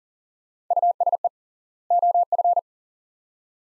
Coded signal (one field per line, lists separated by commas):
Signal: Morse code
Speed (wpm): 39 wpm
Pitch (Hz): 700 Hz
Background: none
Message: USE OF